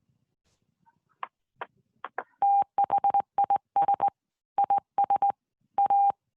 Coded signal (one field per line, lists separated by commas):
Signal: Morse code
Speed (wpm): 20 wpm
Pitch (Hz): 800 Hz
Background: none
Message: THIS IS A